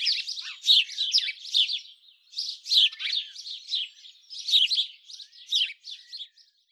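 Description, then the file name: House sparrow chirps, a dense run of short, harsh, overlapping notes in bursts with brief pauses between. "Passer domesticus"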